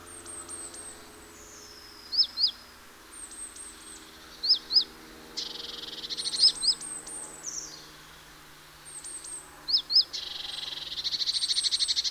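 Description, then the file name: Great tit calls: repeated pairs of sharp notes with buzzy churring bursts, over thin high descending notes from another bird and a low steady hum. "Parus major"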